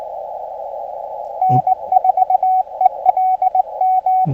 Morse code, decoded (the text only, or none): N4ELM